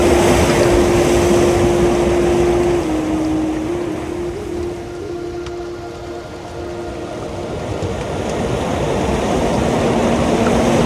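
Ocean waves and breeze make a dense, steady wash of low rumbling noise from start to finish. Long held flute-like notes sit in the lower middle, stepping down in pitch near three seconds and returning lower near nine. The level sags slightly mid-clip.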